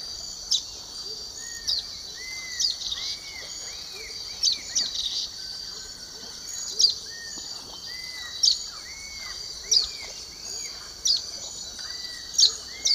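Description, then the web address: Social Flycatcher dawn song: short, sharp high notes repeated about every one and a half to two seconds over a steady, dense insect drone, with soft arched notes below. Dawn song of a bird from the eastern lowlands of South America. "Natures Songs S America Eastern Lowlands. Myiozetetes similis, dawn song"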